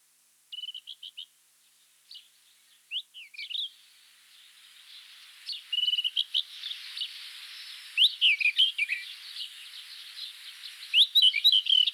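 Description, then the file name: Rufous-tailed scrub robin singing short, sparse phrases at first, then longer, fuller runs of rich warbling notes. "Cercotrichas galactotes Agrobate roux"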